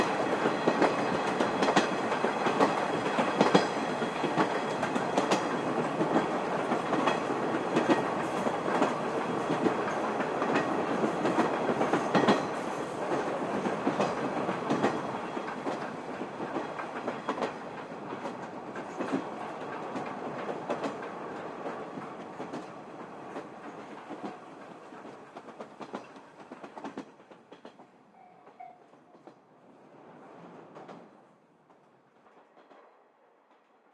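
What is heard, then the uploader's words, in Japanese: A steam train rolls across a river bridge, a dense, loud rumble of rattling wheels and clanking carriages. After about fifteen seconds it begins to thin steadily, and by around half a minute only a faint clatter remains before near silence. SL人吉号、球磨川橋梁を渡る。音源はまだ災害に遭う前のSL人吉号。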